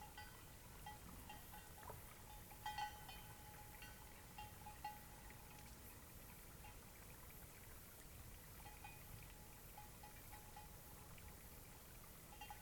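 A cloudy night beside Taylor Lake: a steady, even hush with a low rumble running under it throughout. A thin, unbroken tone hums along the whole time, and a few soft knocks or clicks stand out near the third and fifth seconds.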